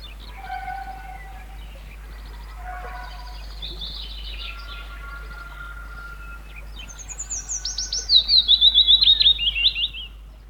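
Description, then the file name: Willow warbler delivers a falling, liquid series of whistled notes in the second half. "Golosa ptic i zverei - Penochka-vesenichka"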